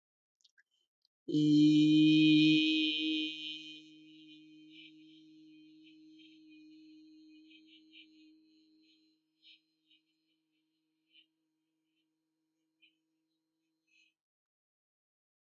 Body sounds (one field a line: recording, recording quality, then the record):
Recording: sustained vowel as in beet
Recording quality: excellent, no background noise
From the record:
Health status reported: healthy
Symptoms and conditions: none ticked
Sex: male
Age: 30 years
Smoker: not ticked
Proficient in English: yes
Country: United States